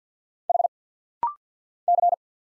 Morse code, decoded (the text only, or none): H C